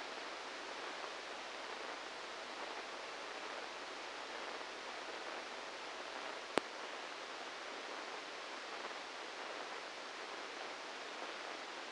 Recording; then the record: brain microelectrode recording played as sound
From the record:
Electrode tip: outside the subthalamic nucleus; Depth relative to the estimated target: -5 mm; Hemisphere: right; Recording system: NeuroSet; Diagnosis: Parkinson's disease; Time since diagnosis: 8 years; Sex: male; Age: 58 years